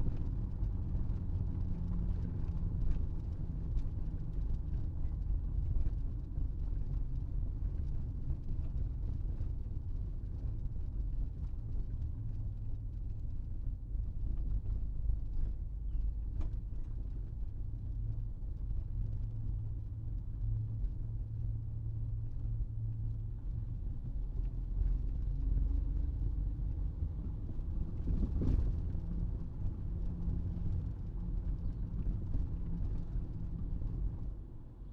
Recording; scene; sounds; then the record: everyday scene through a hearing-aid microphone; in a vehicle; engine, rumble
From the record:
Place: Berlingo II, diesel engine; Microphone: in the ear canal, right